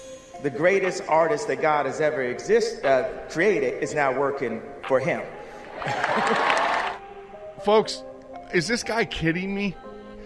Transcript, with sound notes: the greatest artist that God has ever exist- uh, created is now working for him. (applause)
Folks, is this guy kidding me?